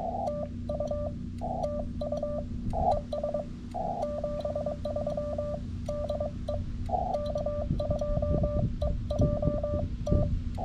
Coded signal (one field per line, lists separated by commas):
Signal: Morse code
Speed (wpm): 22 wpm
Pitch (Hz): 1180 Hz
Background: none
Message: TU TU ES 73 DE K2EJT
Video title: CW SOTA at Mt. Utsayantha